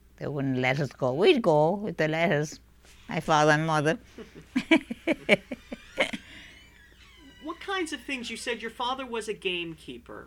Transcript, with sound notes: They wouldn't let us go. We'd go if they'd let us, my father and mother. ( she laughs )
What kinds of things, you said your father was a gamekeeper.